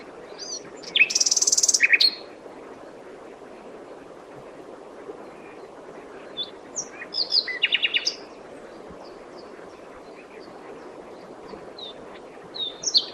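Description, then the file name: Common nightingale singing in separated bursts: a harsh buzzy high phrase early, a cluster of rapid clicking notes midway, and scattered thin whistles toward the end. "Luscinia megarhynchos"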